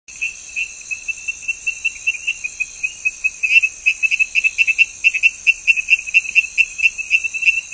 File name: Chirixalus idiootocus